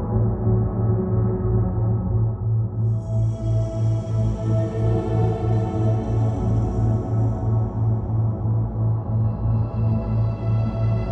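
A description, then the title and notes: A low, expectant thrum from a delta wave binaural beat pulses steadily, throbbing about three to four times a second at an even loudness. From around three seconds a soft, shimmering upper layer drifts in, fades near eight seconds, then begins returning toward the end. A duet between a Delta Wave binaural beat.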